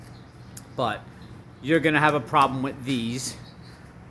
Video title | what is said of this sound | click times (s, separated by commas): John Deere Tx2 Windshield Install Problems | other than that it does come down it does lock into place here | 0.6 s